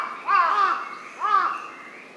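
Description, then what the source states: Large-billed crow giving two hoarse, arched caws about a second apart, each rising then falling, with a faint hiss in the background. Recorded 23 May 2007.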